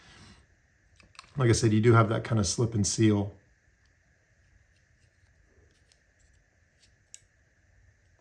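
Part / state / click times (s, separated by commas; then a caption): pen cap onto fountain pen body / seated / 7.1 s. A pen cap is pushed onto a fountain pen body with a slip-and-seal closure while someone talks. After the talking stops, a faint, sharp click is heard at 7.1 s as the cap seats closed.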